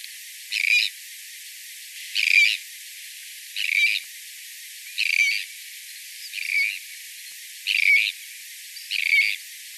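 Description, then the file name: Sandwich tern giving harsh, grating, rasping calls, seven in all, repeated about every one and a half seconds over a steady hiss. "sterne caugek"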